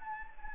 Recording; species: mosquito wingbeat signal from an infrared sensor; Anopheles gambiae